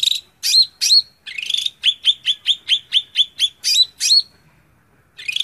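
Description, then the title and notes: Greater green leafbird song with looping upward whistles, a buzzy phrase, then a steady run of sharp repeated notes before more looping whistles and a closing buzz. Song used as a training recording (masteran) for caged greater green leafbirds. "Suara Burung Cucak Ijo. mantap buat masteran burung cak ijo"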